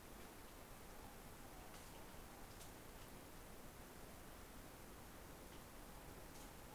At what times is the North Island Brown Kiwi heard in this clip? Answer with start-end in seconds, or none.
none